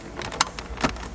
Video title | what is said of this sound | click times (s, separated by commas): VW Golf Cabriolet Gets Some Old Alpine Gear - Sound System Install | Oh, there we go. I think I got it clicked in. | 0.4 s